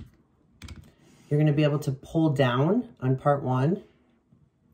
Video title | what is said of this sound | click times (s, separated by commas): 3D PRINTED VERSION OF MY INVENTION HEELTIPDRIP.COM | getting there close up into the area where it's supposed to go you're gonna hear it locking into place | 0.6 s